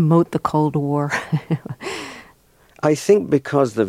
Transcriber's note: laughter